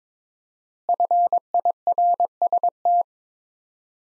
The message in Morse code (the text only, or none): FIRST